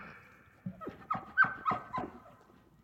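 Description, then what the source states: Elk giving several short, grunting, descending yelps in quick succession, a laugh-like chuckle. Male; bugle, scream and laugh.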